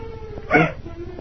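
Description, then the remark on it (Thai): A single harsh, raspy screech of a barn owl, rising loud for about a quarter second over a low background hum, then fading away. “เสียงนกแสกร้องนี่ไม่ใช่ลีลาบดีตามมาโอ้คิดไปเอง”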